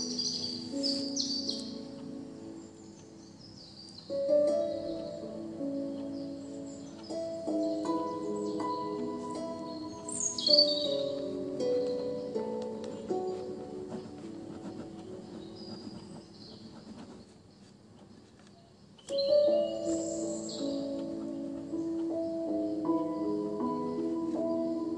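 Piano chords ring and sustain, with new phrases entering around 4, 10 and 19 seconds and fading softly between them. Birds chirp and tweet high above the piano throughout, strongest near the start and at the new phrases, over a faint steady background hiss.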